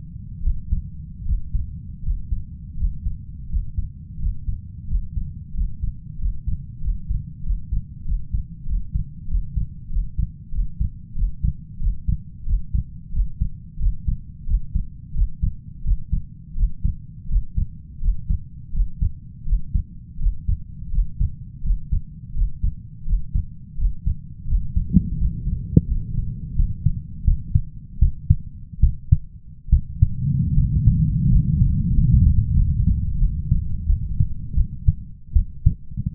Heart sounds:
heart sounds by stethoscope; 86 bpm
0.42 s: heartbeat
1.25 s: heartbeat
2.02 s: heartbeat
2.76 s: heartbeat
3.48 s: heartbeat
4.18 s: heartbeat
4.87 s: heartbeat
5.53 s: heartbeat
6.18 s: heartbeat
6.80 s: heartbeat
7.42 s: heartbeat
8.04 s: heartbeat
8.65 s: heartbeat
9.27 s: heartbeat
9.89 s: heartbeat
10.51 s: heartbeat
11.14 s: heartbeat
11.79 s: heartbeat
12.45 s: heartbeat
13.11 s: heartbeat
13.78 s: heartbeat
14.46 s: heartbeat
15.13 s: heartbeat
15.83 s: heartbeat
16.55 s: heartbeat
17.28 s: heartbeat
18.00 s: heartbeat
18.72 s: heartbeat
19.45 s: heartbeat
20.18 s: heartbeat
20.90 s: heartbeat
21.62 s: heartbeat
22.33 s: heartbeat
23.05 s: heartbeat
23.77 s: heartbeat
24.46 s: heartbeat
25.17 s: heartbeat
25.87 s: heartbeat
26.55 s: heartbeat
27.24 s: heartbeat
27.98 s: heartbeat
28.80 s: heartbeat
29.69 s: heartbeat
30.54 s: heartbeat
31.28 s: heartbeat
31.93 s: heartbeat
32.54 s: heartbeat
33.18 s: heartbeat
33.86 s: heartbeat
34.54 s: heartbeat
35.33 s: heartbeat
From the record:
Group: healthy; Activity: breath hold 0-23 s, rest 23-36 s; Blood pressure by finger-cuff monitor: 97/69 mmHg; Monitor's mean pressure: 77 mmHg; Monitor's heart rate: 85 bpm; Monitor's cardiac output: 6.1 L/min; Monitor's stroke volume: 68 mL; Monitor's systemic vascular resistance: 870 dyn s/cm5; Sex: male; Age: 21 years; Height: 170 cm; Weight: 71 kg

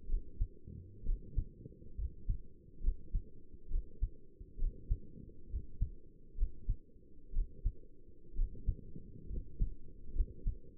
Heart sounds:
heart sounds by stethoscope; 66 bpm
0.09 s: heartbeat
1.06 s: heartbeat
1.98 s: heartbeat
2.83 s: heartbeat
3.71 s: heartbeat
4.59 s: heartbeat
5.50 s: heartbeat
6.38 s: heartbeat
7.34 s: heartbeat
8.36 s: heartbeat
9.30 s: heartbeat
10.15 s: heartbeat
From the record:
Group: healthy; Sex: male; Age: 22 years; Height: 181 cm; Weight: 79 kg

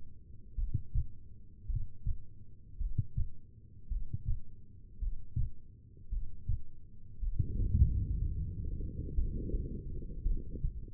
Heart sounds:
heart sounds by stethoscope; 56 bpm
0.54 s: heartbeat
1.65 s: heartbeat
2.76 s: heartbeat
3.87 s: heartbeat
4.98 s: heartbeat
6.08 s: heartbeat
7.18 s: heartbeat
7.83 s: heartbeat
9.14 s: heartbeat
10.22 s: heartbeat
From the record:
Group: heart failure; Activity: Valsalva maneuver 0-7 s, rest 7-11 s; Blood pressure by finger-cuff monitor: 79/60 mmHg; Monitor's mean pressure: 66 mmHg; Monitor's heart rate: 55 bpm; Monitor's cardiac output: 2.5 L/min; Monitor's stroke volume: 46 mL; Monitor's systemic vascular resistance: 1930 dyn s/cm5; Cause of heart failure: non-ischemic cardiomyopathy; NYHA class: 1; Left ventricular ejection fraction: 52%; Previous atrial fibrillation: present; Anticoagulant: apixaban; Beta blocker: bisoprolol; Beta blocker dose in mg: 10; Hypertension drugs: sacubitril-valsartan, spironolactone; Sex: female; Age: 68 years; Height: 169 cm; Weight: 71 kg

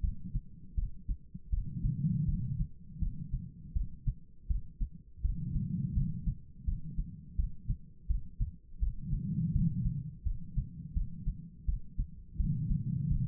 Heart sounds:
heart sounds by stethoscope; 83 bpm
0.02 s: heartbeat
0.76 s: heartbeat
1.51 s: heartbeat
2.26 s: heartbeat
3.00 s: heartbeat
3.74 s: heartbeat
4.48 s: heartbeat
5.22 s: heartbeat
5.94 s: heartbeat
6.65 s: heartbeat
7.37 s: heartbeat
8.08 s: heartbeat
8.80 s: heartbeat
9.53 s: heartbeat
10.24 s: heartbeat
10.94 s: heartbeat
11.66 s: heartbeat
12.37 s: heartbeat
13.09 s: heartbeat
From the record:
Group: healthy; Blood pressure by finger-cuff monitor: 111/79 mmHg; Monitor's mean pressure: 93 mmHg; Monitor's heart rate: 83 bpm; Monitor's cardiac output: 4.8 L/min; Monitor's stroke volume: 58 mL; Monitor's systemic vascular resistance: 1410 dyn s/cm5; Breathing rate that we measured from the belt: 16 breaths a minute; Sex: female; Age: 51 years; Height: 162 cm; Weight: 70.04 kg

